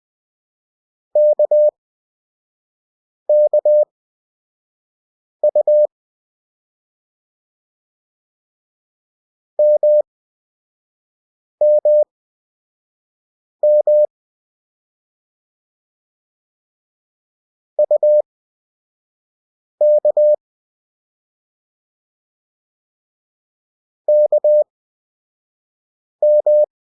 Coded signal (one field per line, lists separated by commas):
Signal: Morse code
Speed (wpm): 20 wpm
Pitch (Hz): 600 Hz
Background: none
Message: KKU MMM UK KM